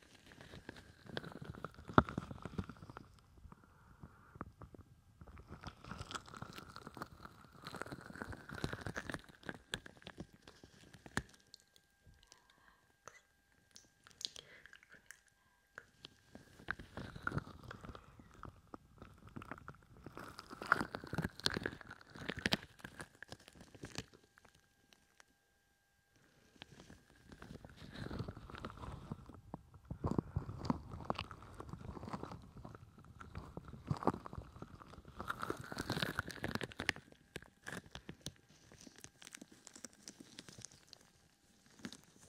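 Gloved hands cup and rub over the ears in long rounds of dense, crinkly rustling, each lasting several seconds and swelling and easing as the hands move. Quieter gaps fall between rounds, around 11, 25 and 38 seconds, with soft scattered taps.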